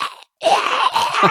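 An adult imitates a loud, raspy throat-clearing hawk, the sound of someone bringing up phlegm.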